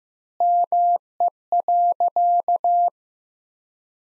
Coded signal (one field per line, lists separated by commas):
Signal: Morse code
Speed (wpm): 15 wpm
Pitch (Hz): 700 Hz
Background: none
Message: ME.